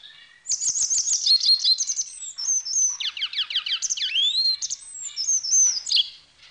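Grey wagtail calls: a burst of sharp high chirps and fast trills, followed by quick descending sweeps and thin whistled notes.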